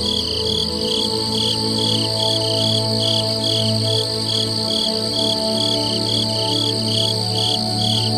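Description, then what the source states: Cricket chirping in regular pulsed bursts, high and buzzy, over calm synthesized music with low drones. Ambient nature sounds.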